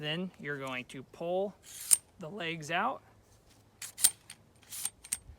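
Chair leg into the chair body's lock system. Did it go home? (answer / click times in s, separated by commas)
yes / 4.0 s, 5.1 s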